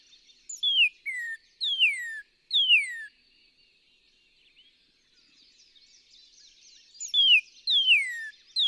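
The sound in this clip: Northern cardinal song: a run of four clear whistles sliding downward, a pause, then two more and the start of another, over a quiet background of other songbirds.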